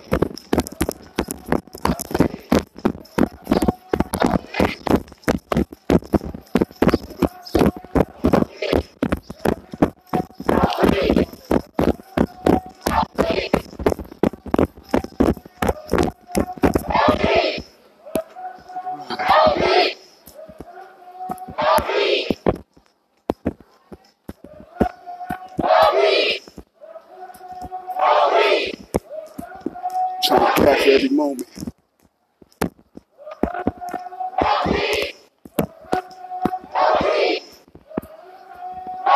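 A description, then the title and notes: A protest in Niagara Square, Downtown Buffalo. For the first seventeen seconds a dense, rapid crackling and clattering runs over raised voices. After that the voices come in short, loud bursts every two to four seconds, like a repeated chant, with brief quiet gaps between. Niagara Square Protest in Downtown Buffalo.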